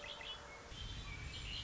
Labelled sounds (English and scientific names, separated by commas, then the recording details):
Red-winged Blackbird (Agelaius phoeniceus)
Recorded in Sonoma County, California